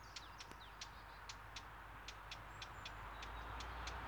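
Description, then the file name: Eurasian blackcap tacking with sharp clicks about four per second, slightly uneven, over a steady low hum. "Sylvia atricapilla"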